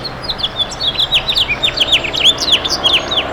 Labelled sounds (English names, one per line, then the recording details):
House Finch song
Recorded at Babylon on Long Island, New York, on 18 May 2013
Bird E